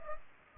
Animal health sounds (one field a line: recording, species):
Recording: mosquito wingbeat signal from an infrared sensor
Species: Culex pipiens